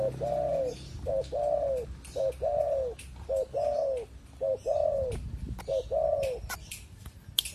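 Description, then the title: Pigeon song of paired coos, a brief note then a drawn-out arched one, repeated steadily six times, with scattered high clicks. "Canto Da Pomba"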